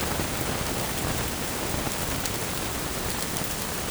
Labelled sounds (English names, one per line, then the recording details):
none
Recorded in dense forest near Puerto Asís, Putumayo, Colombia, on 27 June 2025 at 07:30
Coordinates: 0.503, -76.323
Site G059